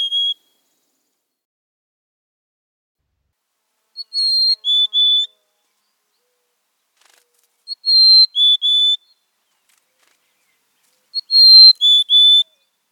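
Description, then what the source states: Mountain Chickadee song: whistled phrases, a high note then two lower ones, repeated every few seconds against silence. Song more variable, with 3 to 6 syllables.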